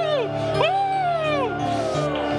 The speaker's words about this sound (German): Dir gehört unser Jubel. Jubel mal.